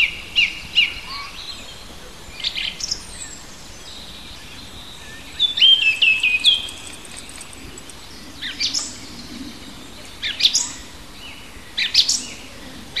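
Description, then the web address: Songbird delivering scattered high chirps and short whistled phrases with slurred notes, spread irregularly through the stretch with gaps between, soft background hiss throughout. Native birds in a hedge, recorded in March. "oeko hecke vogel maerz vogel heimisch"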